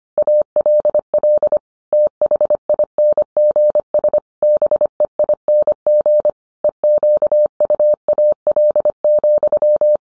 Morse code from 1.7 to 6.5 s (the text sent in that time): THINGS BEING